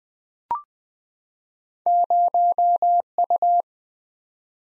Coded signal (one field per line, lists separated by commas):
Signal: Morse code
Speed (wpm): 21 wpm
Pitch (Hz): 700 Hz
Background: none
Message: 0U